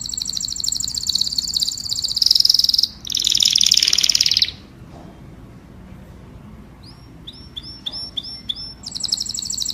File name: Tieng chim hoang yen hot